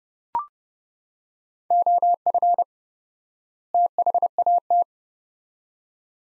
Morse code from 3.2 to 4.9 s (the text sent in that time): THAT